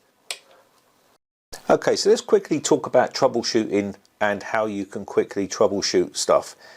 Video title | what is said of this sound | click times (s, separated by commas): Black Screen at Boot on Windows? Here's How to Fix It | you should hear a little click | 0.3 s